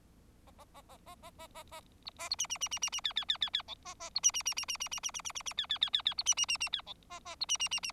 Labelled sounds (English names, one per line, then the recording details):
Bengalese Finch song
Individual Bird4